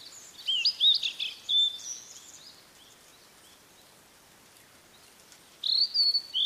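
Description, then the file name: Blue-and-white flycatcher singing twisting high whistled notes for about two seconds, a quiet gap of three seconds, then slurred whistles again. "oruri"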